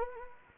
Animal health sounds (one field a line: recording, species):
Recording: mosquito wingbeat signal from an infrared sensor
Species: Anopheles gambiae